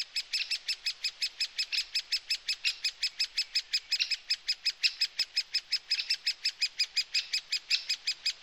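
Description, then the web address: Great spotted woodpecker calls: a steady, fast series of sharp, harsh notes, about three per second, continuing without a break. Garden bird. "infonatuur tuinvogels grotebontespecht"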